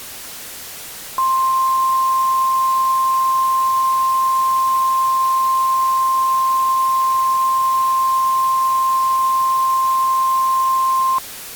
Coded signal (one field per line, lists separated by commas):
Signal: Emergency Alert System (SAME) tones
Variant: 1050 Hz attention tone